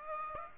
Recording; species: mosquito wingbeat signal from an infrared sensor; Aedes aegypti